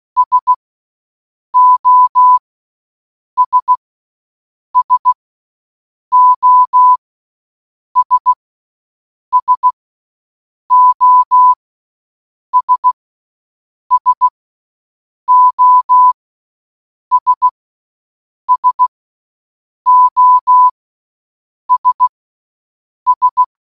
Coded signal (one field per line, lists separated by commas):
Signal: Morse code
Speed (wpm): 16 wpm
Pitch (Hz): 1000 Hz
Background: none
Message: SOS SOS SOS SOS SOS S